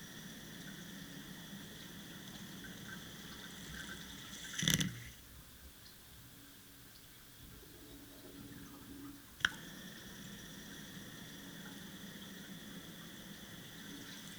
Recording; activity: daily activity, guitar pickup as the sensor; flush